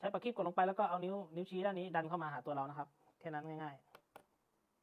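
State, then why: Seated. A metal watch strap clasp fin is pressed down onto a shortened strap and pushed inward with the index finger while someone talks. Shortly after, a short, sharp tick is heard at 4.2 s as the clasp shifts into its lock, confirming it has seated.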